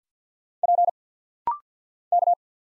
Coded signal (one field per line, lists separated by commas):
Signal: Morse code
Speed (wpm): 50 wpm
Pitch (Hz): 700 Hz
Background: none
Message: P K